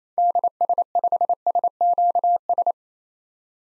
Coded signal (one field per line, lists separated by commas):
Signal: Morse code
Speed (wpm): 28 wpm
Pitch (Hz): 700 Hz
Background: none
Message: DS5SQS